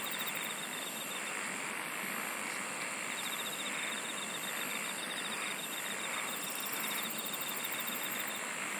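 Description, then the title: Insect chorus of pulsed high trills starting and stopping every few seconds above a continuous shrill drone and broad background hiss. "SINGING OF INSECTS"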